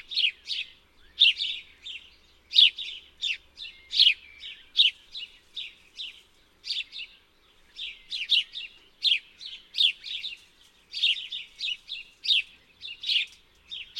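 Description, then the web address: House sparrow giving continuous scratchy chirps, dense and repeated with only brief pauses throughout, a lively chattering series. "Graspurv"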